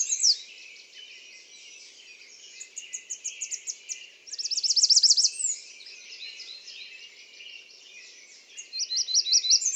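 American redstart singing short bursts of rapid, high, sibilant notes, repeated several times.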